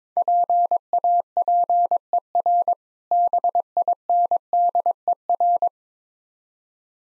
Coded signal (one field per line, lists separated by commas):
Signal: Morse code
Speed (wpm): 22 wpm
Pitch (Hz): 700 Hz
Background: none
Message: PAPER BINDER